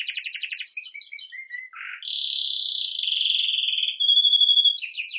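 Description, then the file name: Canary song: fast buzzy rattling trills, then a low dipping note, a long bright rolling trill and clipped rapid notes. "Canary Voice"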